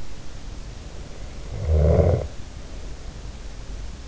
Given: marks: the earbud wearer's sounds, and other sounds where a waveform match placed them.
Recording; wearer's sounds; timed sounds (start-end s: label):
sounds in sleep by an in-ear microphone; snoring breath
1.21-3.55 s: snoring breath